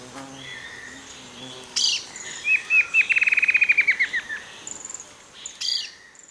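Bird calls: a sharp high chirp, then a quick run of many bright notes that slide slightly lower, followed by another loud chirp near the end.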